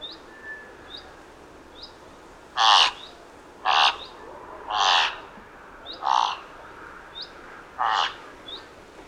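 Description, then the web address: Thick-billed raven giving harsh, grating caws, five in a row about one to two seconds apart, with faint high upslurred chirps in between. "Thick billed raven. غراب-نوک-کلفت"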